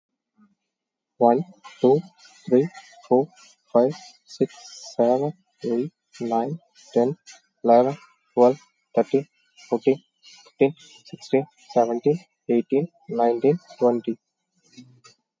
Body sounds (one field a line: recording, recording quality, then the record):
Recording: counting at a normal pace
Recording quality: excellent, no background noise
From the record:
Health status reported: COVID-19 positive, mild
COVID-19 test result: positive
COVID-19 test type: RT-PCR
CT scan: taken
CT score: 0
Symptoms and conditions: cough, cold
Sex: male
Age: 30 years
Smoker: no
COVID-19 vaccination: both doses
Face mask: worn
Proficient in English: yes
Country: India